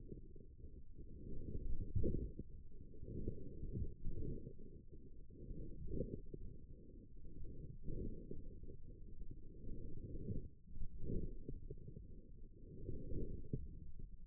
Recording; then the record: forearm muscle sounds (acoustic myography)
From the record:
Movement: forearm supination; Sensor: system 1, eight BSWA MPA416 microphones around the upper forearm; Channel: 7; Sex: male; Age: 28 years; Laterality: right